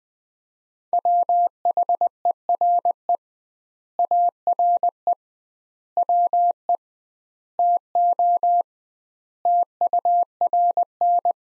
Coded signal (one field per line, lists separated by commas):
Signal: Morse code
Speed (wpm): 20 wpm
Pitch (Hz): 700 Hz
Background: none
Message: WHERE ARE WE TO TURN